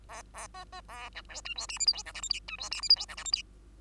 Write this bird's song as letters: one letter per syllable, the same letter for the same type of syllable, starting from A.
A A B B A C D E F G H I J K L M N E F G H I J K L M N